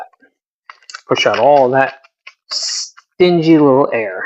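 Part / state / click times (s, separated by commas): plastic zipper track of a resealable storage bag / not seated / none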